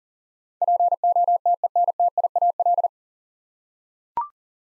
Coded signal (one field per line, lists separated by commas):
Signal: Morse code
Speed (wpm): 37 wpm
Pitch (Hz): 700 Hz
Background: none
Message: POTENTIAL